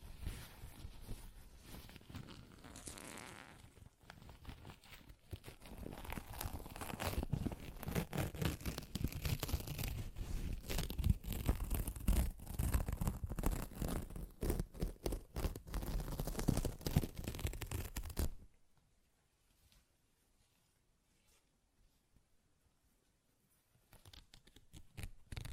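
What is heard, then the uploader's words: Paper is torn and ripped in a dense, crackling rush of short tearing bursts for about eighteen seconds, full from low rumble to bright crisp edges. Then it cuts to near silence, with faint rustling returning just at the end. ASMR Paper Ripping Tearing Sounds (No Talking).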